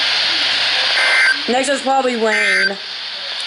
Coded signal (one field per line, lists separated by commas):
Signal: Emergency Alert System (SAME) tones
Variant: end-of-message bursts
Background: speech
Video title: ALOT OF ALERTS FOR JUST A MARGINAL! EAS alerts on 2/16/25